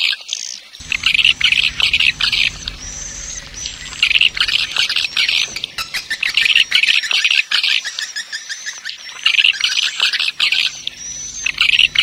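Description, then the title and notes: Swiftlet calls, bursts of dense high twittering over a steady low electrical hum, with thin faint whistles above. Swiftlet farming sound, Asia. "Swiflet Bird Sound. Farming Swiflet Bird asia sound"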